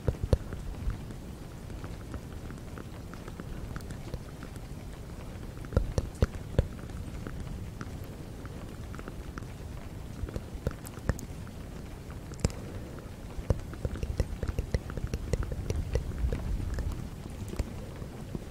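Fast, gentle tapping runs throughout as a dense patter of soft clicks, with sharper taps standing out near six, eleven and twelve and a half seconds. A low, breathy rushing sits underneath, like air blown close by, holding steady the whole time.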